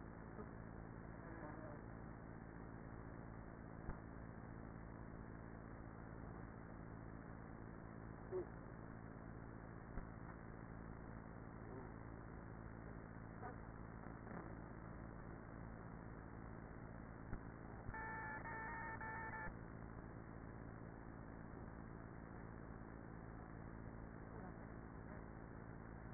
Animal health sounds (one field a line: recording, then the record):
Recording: honeybee colony, microphone inside the hive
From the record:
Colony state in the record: queenless with a low population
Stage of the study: after two queens were removed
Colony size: about 30,000 bees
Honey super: no